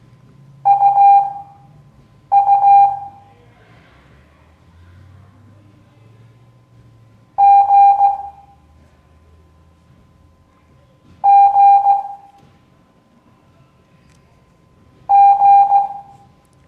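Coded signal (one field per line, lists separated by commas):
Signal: Morse code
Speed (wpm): 15 wpm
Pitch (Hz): 800 Hz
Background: none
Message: UU G G G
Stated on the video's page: Morse code class lesson.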